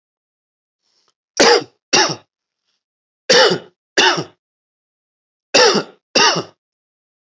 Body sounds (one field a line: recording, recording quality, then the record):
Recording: heavy voluntary cough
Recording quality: excellent, no background noise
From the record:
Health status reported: healthy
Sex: male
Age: 45 years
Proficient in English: yes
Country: India